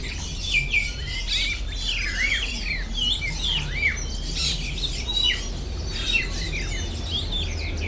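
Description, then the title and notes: Bird chorus of quick looping whistles and downslurred chirps, repeated constantly by many birds, with low rumbling in the background. Birds singing at the Bird Garden, Mongkok, Hong Kong, 15 February 2008; recorded on AKG condenser microphones in XY stereo. "香港 旺角 雀鳥花園 雀鳥唱歌 (內附有人類語言中的粗囗) Bird Singing in the Bird Garden, Mongkok, Hong Kong Date: 15 February 2008"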